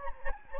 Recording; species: mosquito wingbeat signal from an infrared sensor; Anopheles gambiae